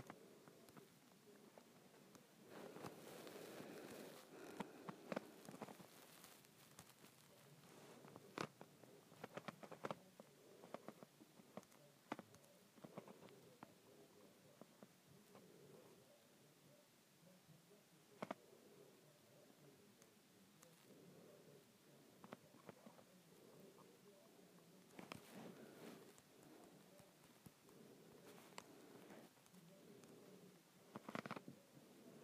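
A handle is twisted and turned in irregular bursts, with sharp clicks and scraping rattles scattered throughout, busiest early on and near the end.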